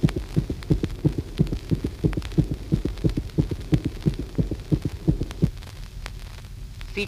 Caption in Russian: При пароксизмальной тахикардии внезапно наступает резкое учащение сердечных сокращений до. 240 и более в минуту. Тоны сердца, особенно первый, усилены. Интервалы между тонами сердца одинаковые, короткие.